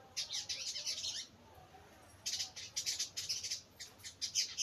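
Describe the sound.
Bird chirps: a burst of rapid high-pitched chattering, a short pause, then more chattering bursts.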